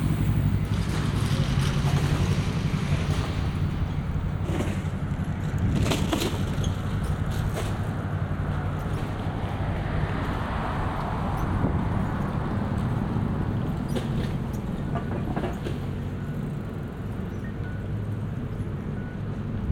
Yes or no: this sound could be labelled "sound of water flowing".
no